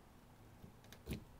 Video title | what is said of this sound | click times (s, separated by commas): Why You've Been INSTALLING WINDSHIELD WIPERS WRONG! | pull up until you hear a click and there it's locked in | 1.1 s